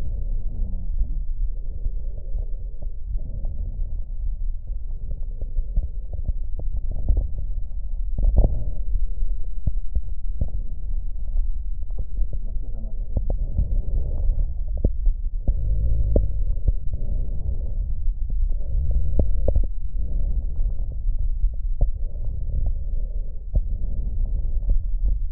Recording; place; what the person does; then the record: lung sounds by stethoscope; right posterior apical chest; quiet breathing, then deep breathing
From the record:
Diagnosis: interstitial lung disease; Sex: female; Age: 72 years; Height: 153 cm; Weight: 71 kg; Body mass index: 30.3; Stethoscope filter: extended mode